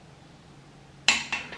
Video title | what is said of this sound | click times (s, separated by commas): Turbo LS VTEC Civic build (New Crank and Block) | Same setting. Just wait for that click. | 1.1 s